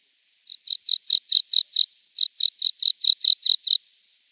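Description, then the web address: Water Pipit singing two runs of bright, high repeated notes, about seven then eight, separated by a brief pause, each note a quick downslurred chirp. "Schulze Peter Water Pipit song"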